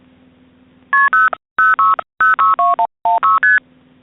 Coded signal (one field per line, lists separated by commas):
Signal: multi-frequency trunk signalling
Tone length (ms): 170 ms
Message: KP0 06062116ST